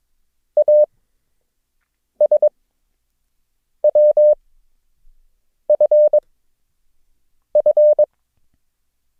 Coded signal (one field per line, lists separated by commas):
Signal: Morse code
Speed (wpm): 22 wpm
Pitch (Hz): 600 Hz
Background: none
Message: ASWFF